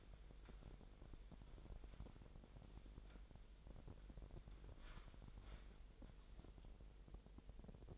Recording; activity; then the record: daily activity, microphone in the room; wipe stove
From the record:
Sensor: 5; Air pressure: 1001.2 hPa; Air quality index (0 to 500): 247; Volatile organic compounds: 34 ppm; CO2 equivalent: 3045 ppm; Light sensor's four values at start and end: 31/70/28/27 and 31/70/28/27